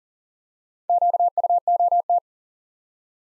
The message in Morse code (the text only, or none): QUOT